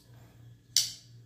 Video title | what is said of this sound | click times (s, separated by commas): Folding Knives with Different Locking Mechanisms | all right so this locks in place | 0.8 s